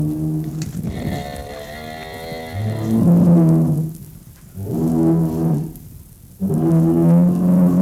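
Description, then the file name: Bull bellowing, a series of long deep harmonic moos separated by short pauses. "Stier Sound Cloud Beeld en Geluid"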